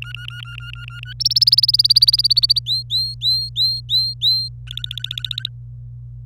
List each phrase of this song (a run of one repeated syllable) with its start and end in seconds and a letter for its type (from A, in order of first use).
0.02-1.13 A, 1.20-2.59 B, 2.66-4.49 C, 4.68-5.48 D